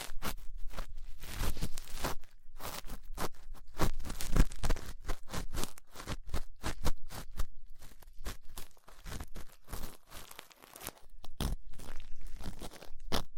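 Ear cleaning with latex gloves, a dental pick and cotton swabs: dense, irregular crackling and rustling scratches follow one another rapidly throughout. Bursts cluster and thin out, with a sharp louder pop near four seconds and brief quieter gaps around nine and ten seconds.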